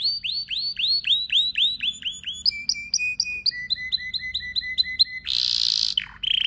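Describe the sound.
Canary song, a fast run of bright upswept whistled notes in repeated phrases that shift pitch, then a harsh buzzy burst and a sharp chip.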